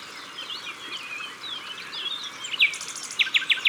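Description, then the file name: Common nightingale song, soft varied warbled phrases over a hissing background, ending in loud sharp repeated notes. At the water's edge. "Rossignol philomele Au bord de leau"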